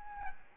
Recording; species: mosquito wingbeat signal from an infrared sensor; Aedes albopictus